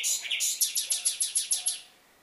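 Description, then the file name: Common nightingale song phrase: a few opening notes, then a series of about eight sharp, evenly spaced high notes repeated rapidly, then fading to quiet. "Luscinia megarhynchos"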